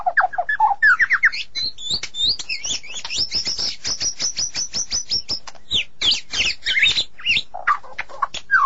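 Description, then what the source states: White-rumped shama singing a fast medley of high chirps, trills and swooping whistles, with bursts of rapid clicking notes between phrases. Champion-quality shama; its song is described as melodious.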